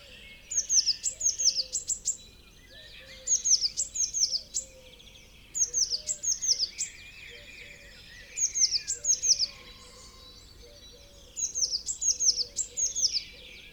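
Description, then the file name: Eurasian blue tit delivering rhythmic bursts of high, slurred descending notes, five groups a few seconds apart. "Cyanistes caeruleus"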